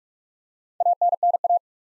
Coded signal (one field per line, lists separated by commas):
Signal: Morse code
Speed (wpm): 46 wpm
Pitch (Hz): 700 Hz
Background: none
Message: ANNA